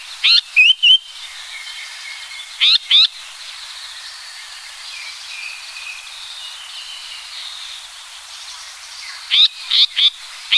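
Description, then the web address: Japanese paradise flycatcher with short bursts of buzzy and whistled notes near the start and again near the end, separated by several seconds of faint background hiss. "sikioto. sankoucho"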